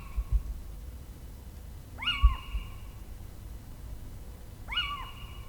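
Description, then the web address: Little owl, two drawn-out mewing calls that rise and drop, spaced nearly three seconds apart, with low background rumble and a few soft knocks. "birdify Athene noctua"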